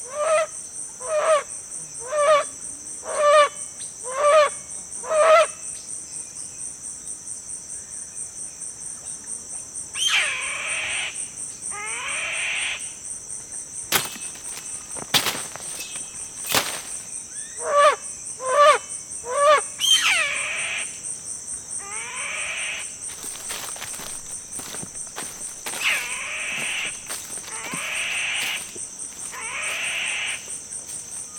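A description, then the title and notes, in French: In a forest, a steady high insect drone runs throughout, with bursts of repeated calls and rustling steps through vegetation. Avancée en forêt. Tauary, petit village au coeur de la forêt amazonienne.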